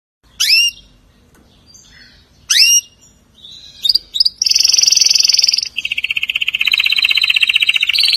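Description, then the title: Canary song: a few sharp downward-swept chirps, then long rapid trills and rolling buzzy tours at high pitch, shifting tone midway. "Kenari"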